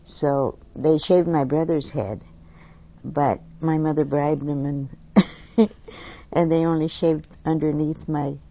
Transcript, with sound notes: So they shaved my brother's head. But my mother bribed them and. (laughs) They only shaved underneath my,